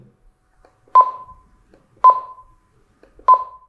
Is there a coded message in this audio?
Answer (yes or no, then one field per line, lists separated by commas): no